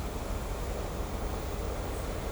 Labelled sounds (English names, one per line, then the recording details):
none
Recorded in shrubland near Pivijay, Magdalena, Colombia, on 3 June 2023 at 17:30
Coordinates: 10.453, -74.365
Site P5-G022